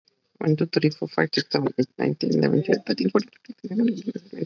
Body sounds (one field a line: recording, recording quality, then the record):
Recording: counting at a normal pace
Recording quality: excellent, no background noise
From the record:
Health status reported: COVID-19 positive, mild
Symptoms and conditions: cold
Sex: male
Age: 25 years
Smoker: not ticked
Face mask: not worn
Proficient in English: yes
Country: India